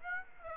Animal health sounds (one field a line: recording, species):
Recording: mosquito wingbeat signal from an infrared sensor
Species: Aedes aegypti